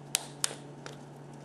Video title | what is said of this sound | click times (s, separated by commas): Dexcom Site Change - Video Remake | and if you heard it click that means it's out and it is | 0.1 s